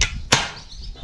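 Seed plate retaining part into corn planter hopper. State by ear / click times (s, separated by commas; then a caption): seated / 0.3 s. A seed plate sits in the bottom of a horse-drawn corn planter hopper while the retaining piece is pressed down onto it. A brief knock at the very start is followed by a sharp snap at 0.3 s. The retaining piece is seated and snapped in place.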